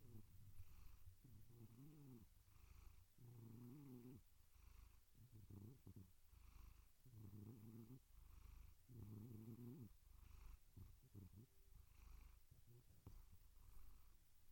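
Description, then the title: Domestic cat purring steadily, each breath a rumbling pulse lasting about a second, repeated with short gaps throughout. Meowing. "Relaxing Cat Meow Sounds"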